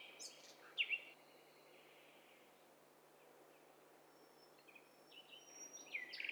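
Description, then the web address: Bird calls: scattered high chirps and thin whistles, with a long quiet stretch between bursts near the start and the end. Several birds calling at once. "Hi Fi STEREO BIRD COCKTAIL PARTY Challenge"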